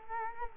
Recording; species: mosquito wingbeat signal from an infrared sensor; Culex quinquefasciatus